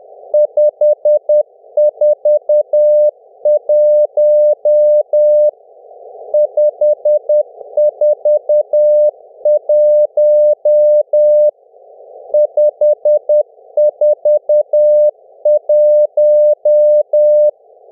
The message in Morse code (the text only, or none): 541 541 541